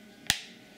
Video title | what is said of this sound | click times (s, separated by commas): Iphone 5 LifeProof Case Unboxing | snaps right into place securely | 0.3 s